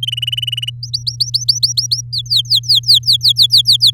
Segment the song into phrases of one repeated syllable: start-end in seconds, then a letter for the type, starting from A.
0.03-0.70 A, 0.83-2.01 B, 2.12-3.90 C